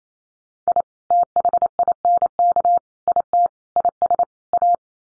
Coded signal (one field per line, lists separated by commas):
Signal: Morse code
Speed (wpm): 28 wpm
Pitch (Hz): 700 Hz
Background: none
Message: I THINK IT IS A